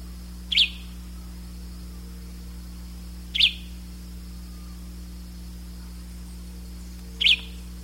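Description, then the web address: Bird call, three sharp high chirps roughly three to four seconds apart over a low hum. "BIRD 2015 SABIOD"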